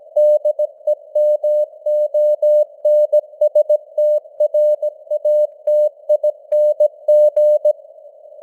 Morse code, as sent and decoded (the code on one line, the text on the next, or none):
-.. . -- --- -. ... - .-. .- - .. -. --.
DEMONSTRATING